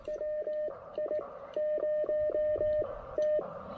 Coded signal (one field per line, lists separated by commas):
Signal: Morse code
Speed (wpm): 18 wpm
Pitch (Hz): 600 Hz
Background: none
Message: WI0T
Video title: QRP P2P DX! Pairing the Elecraft K2 with the AX1 for a little portable antenna POTA!